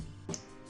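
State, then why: Seated. A plastic ring piece is turned on the layer of a spinning top toy until it locks onto it. A short rise of handling sound at 0.3 s leads into a sharp, bright click at 0.3 s over steady background music. The ring is seated and mounted.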